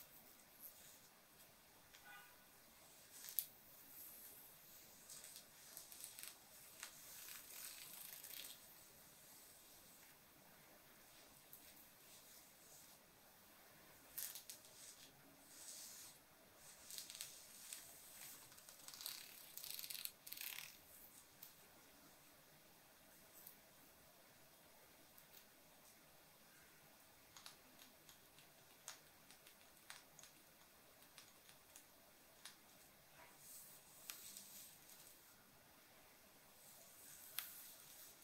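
Jewelry being traced, with hair and fabric scratched against it, making soft, dry rustles and crisp high clicks. Bursts of scratching cluster around 3 to 8, 14 to 21 and 36 seconds, with sparse sharp ticks scattered between over a quiet, steady hiss.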